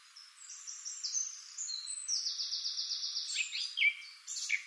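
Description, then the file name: Eurasian blackcap singing, a thin high warble that leads into a rapid, even series of repeated notes, then ends in varied chirps and whistles. "Sylvia atricapilla"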